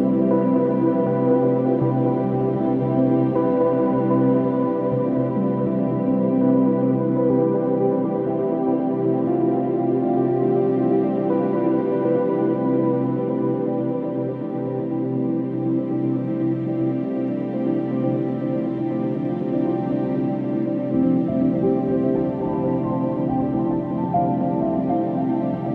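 An upright piano plays softly and continuously, with notes sitting mostly in the low and middle range and little brightness above. The chords ring into one another at an even, unhurried level, with a brief dip in loudness around fourteen seconds.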